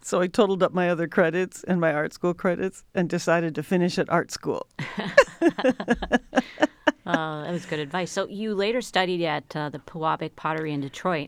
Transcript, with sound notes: totaled up my other credits and my art school credits and decided to finish at art school. [LAUGHTER]
It was good advice. You later studied at the Pewabic Pottery in Detroit.